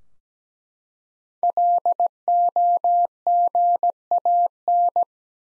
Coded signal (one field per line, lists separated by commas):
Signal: Morse code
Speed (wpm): 17 wpm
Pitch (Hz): 700 Hz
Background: none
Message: LOGAN